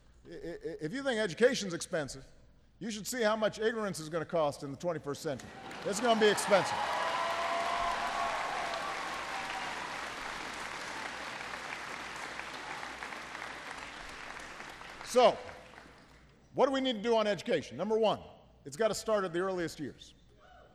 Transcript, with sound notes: if you think education is expensive, you should see how much ignorance is going to cost in the 21st century. It’s going to be expensive. (Applause.)
So what do we need to do on education? Number one, it’s got to start in the earliest years.